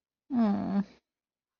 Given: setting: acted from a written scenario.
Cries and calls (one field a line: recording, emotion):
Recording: vocal sound without words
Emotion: disappointment